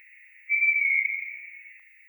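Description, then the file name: Eurasian pygmy owl call: one steady, pure whistled note that swells and then slowly fades away. "sych vorobinyy golos"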